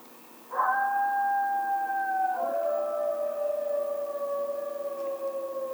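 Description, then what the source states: Coyote howl: a long steady tone that steps down partway through and then slowly falls, lasting about five seconds. Coyote howl recorded 2007-03-16.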